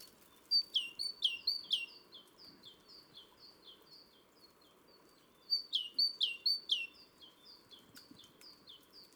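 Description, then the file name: Great tit calls, two loud bursts of rapid repeated chirping separated by softer, steadier notes, with light background noise. "Parus major"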